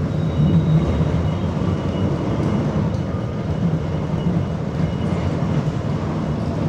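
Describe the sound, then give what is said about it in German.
A tram rolls steadily along its rails, a continuous low rumble and clatter that holds an even loudness throughout, with no voices. “Die Bänke der Straßenbahn tragen mich in ferne Gegenden, vervielfältigen sich zu Industrien, Arbeitern, Arbeiterwohnungen, Lebensläufen, Wirklichkeiten, eben zu allem.”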